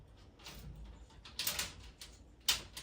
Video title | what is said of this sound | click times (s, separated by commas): How To Clean Your MrCool Mini Split Ceiling Cassette Filters | it just snaps right in just like that. | 2.5 s